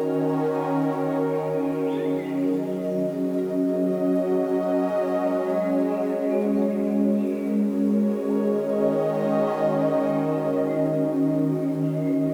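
A slow, floating ambient piece built from layered ringing tones that hum and shimmer like a singing bowl. The low and middle notes hold steady and overlap, swelling slightly around the midpoint, while the overall volume stays even from start to finish.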